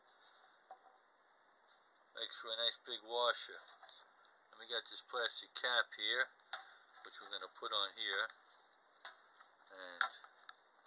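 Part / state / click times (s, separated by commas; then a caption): plastic cap onto a homemade turntable spindle / seated / 10.0 s. Someone talks while a plastic cap is pressed onto the spindle of a homemade turntable, which has a poker chip as a big washer. A few small ticks and taps come near the end, then a sharp snap at 10.0 s as the cap seats very tightly in place.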